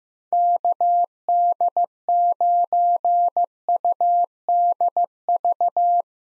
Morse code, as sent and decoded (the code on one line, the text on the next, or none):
-.- -.. ----. ..- -.. ...-
KD9UDV